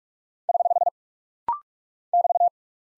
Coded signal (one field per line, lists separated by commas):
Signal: Morse code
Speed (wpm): 44 wpm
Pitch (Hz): 700 Hz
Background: none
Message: <HH> <BT>